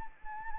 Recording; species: mosquito wingbeat signal from an infrared sensor; Anopheles arabiensis